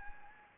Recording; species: mosquito wingbeat signal from an infrared sensor; Anopheles gambiae